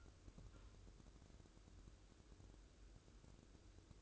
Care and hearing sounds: daily activity, microphone in the room; take from stove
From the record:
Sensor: 2

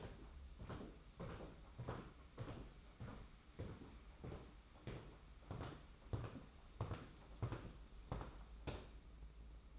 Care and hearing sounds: daily activity, microphone in the room; walk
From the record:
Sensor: 1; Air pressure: 991.7 hPa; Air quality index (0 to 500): 170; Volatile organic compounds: 1000 ppm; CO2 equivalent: 6397 ppm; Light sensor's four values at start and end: 30/101/39/40 and 29/99/38/39

